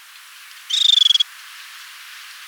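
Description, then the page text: Fulvous babbler giving a single short, rapid trill of buzzy pulsed notes, high and level in pitch, lasting about half a second against faint background hiss. "Fulvous Babbler Calls. Quick Sounds"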